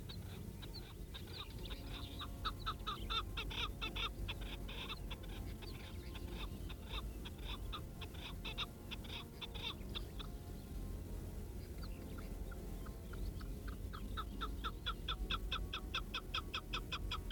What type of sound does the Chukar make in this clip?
call